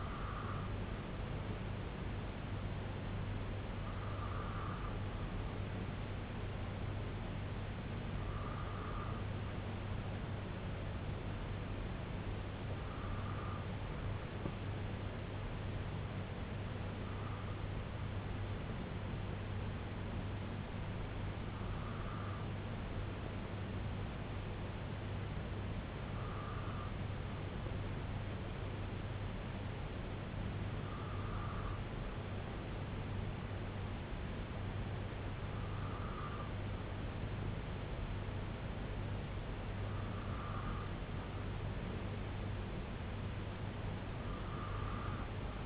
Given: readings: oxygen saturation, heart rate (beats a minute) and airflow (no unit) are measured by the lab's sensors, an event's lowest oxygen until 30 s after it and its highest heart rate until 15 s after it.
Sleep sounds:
breathing in sleep by a voice recorder at the bedside; none
none scored
From the record:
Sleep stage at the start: N2 (light sleep); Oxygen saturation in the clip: 92 to 94%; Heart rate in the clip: 64 to 69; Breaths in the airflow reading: 11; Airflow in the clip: -2.7 to 1.9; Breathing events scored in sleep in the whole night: 258 in 7.4 hours asleep

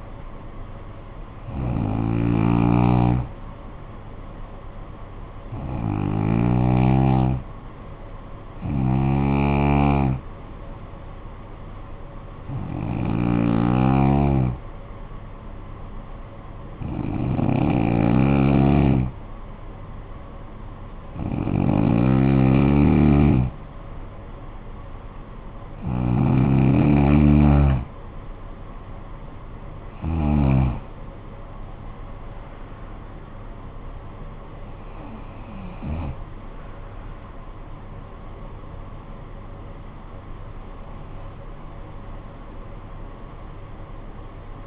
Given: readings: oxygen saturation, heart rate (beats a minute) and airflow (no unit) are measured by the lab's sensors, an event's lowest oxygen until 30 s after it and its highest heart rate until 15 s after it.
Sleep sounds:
breathing in sleep by a smartphone at the bedside; 1
9.00-27.60 s: hypopnea (N2, oxygen 94% highest, then 91% lowest, heart rate 54 at the start, 67 highest)
From the record:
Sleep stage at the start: N2 (light sleep); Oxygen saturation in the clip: 91 to 94%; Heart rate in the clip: 53 to 67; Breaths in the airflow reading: 10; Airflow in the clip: -11.8 to 10.0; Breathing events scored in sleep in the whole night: 445 in 7.6 hours asleep

